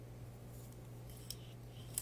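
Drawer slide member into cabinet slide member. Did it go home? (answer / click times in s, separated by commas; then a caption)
yes / 1.3 s, 2.0 s. A Knape & Vogt 8400P telescopic ball-bearing drawer slide with a lever disconnect is pushed back together so the drawer member re-engages the cabinet member, over a steady low hum. Sharp metallic clicks ring out at 1.3 s and 2.0 s as the slide snaps back into place very positively and seats.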